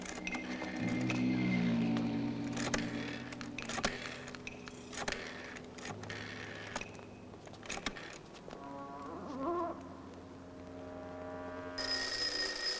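A telephone rings in an apartment in repeated bright, bell-like bursts over steady low tones and scattered clicks and knocks, with no one speaking.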